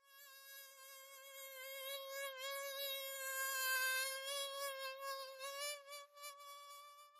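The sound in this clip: Mosquito whine, a continuous thin buzzing tone that swells and fades in loudness and wavers slightly in pitch throughout.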